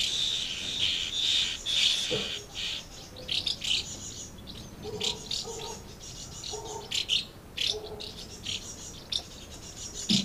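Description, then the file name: Swallows chattering with high twitters and sharp chirps, irregular and overlapping, while a lower warbled note surfaces now and then. Recorded at Amblagnieu on 2 July 2017 with an MZ-N710 recorder. "MZ-N 710 Hirondelles Amblagnieu 2 07 17"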